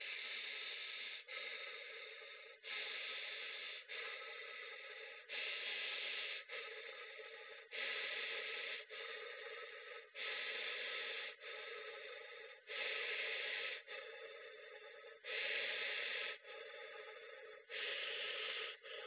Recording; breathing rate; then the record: paced breathing near a phone; 24 breaths a minute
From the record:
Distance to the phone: 20 cm